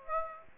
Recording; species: mosquito wingbeat signal from an infrared sensor; Aedes aegypti